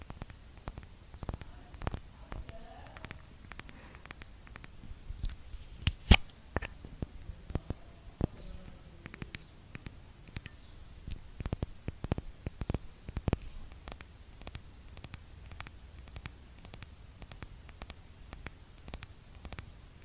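Skincare product containers are tapped in sharp, irregular clicks, several each second, with a few louder knocks near six seconds over a faint low hum.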